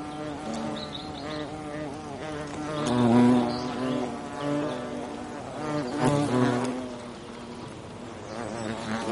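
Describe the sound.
European hornet buzzing, low droning hum swelling into louder surges twice, with pitch bending up and down between them.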